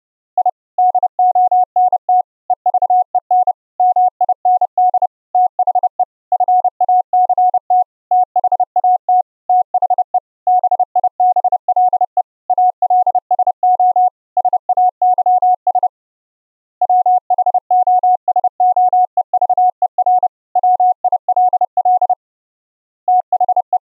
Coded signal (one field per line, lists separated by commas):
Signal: Morse code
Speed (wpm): 30 wpm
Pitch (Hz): 730 Hz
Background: none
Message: I DONT EVEN MIND THE FACT THAT THE BIBLE ALSO SAYS WHOSOEVER WILL THE